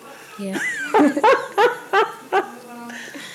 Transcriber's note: laughs